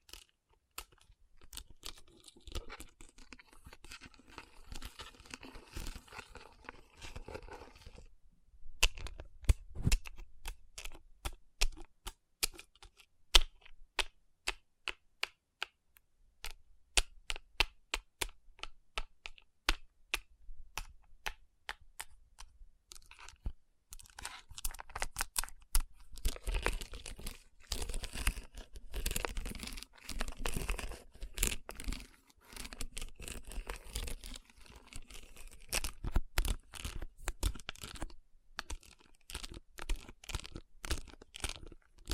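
Fingers tap and rub across rhinestone-covered palms in crisp, clicky bursts, with sparse sharp taps midway and denser scratchy rubbing near the end.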